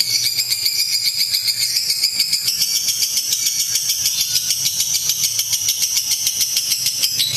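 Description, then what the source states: Lovebird keeps up a strident, rapid chattering run, pitch rising slightly partway through, with faint low rumble beneath. Lutino lovebird giving the ngekek chattering call, used for training.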